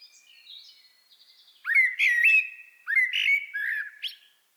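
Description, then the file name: Common blackbird song, soft high notes leading into loud mellow whistled phrases with twittery, squeaky accents, then a brief closing note. "Turdus merula"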